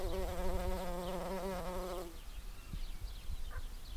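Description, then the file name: Bumblebee buzzing in a wavering drone for about two seconds, then only background noise remains. "Bumblebee Village"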